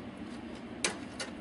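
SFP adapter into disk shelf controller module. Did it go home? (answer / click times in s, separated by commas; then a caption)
yes / 0.8 s. A GBIC/SFP adapter is pushed into a port on a disk shelf controller module and clicks sharply at 0.85 s, seating it. A fainter tick follows around 1.2 s over a low, steady background hum.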